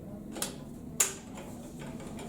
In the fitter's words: And then just pop back in and lock into place.